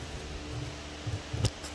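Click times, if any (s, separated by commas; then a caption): 1.4 s. A metal fitting on a Yukon 27-inch garage floor cabinet (#64405) is pushed through its slot in the cabinet frame during assembly, over a steady low hum. A single sharp click at 1.5 s marks the part snapping into place, seated.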